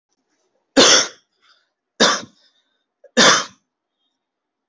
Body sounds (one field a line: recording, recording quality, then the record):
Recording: heavy voluntary cough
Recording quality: excellent, no background noise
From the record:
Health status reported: healthy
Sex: male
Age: 22 years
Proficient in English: yes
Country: India